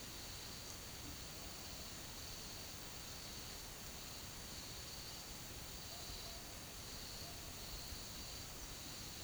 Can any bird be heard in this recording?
no